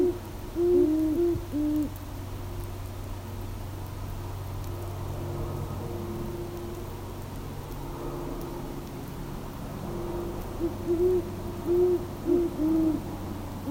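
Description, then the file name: Great horned owl giving deep hooting phrases at the start, a long quiet gap with low rumbling hum, then a further run of hoots near the end. "Great Horned Owl - Bubo virginianus"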